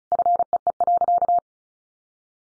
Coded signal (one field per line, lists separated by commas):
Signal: Morse code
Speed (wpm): 34 wpm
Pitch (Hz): 700 Hz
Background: none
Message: FEE.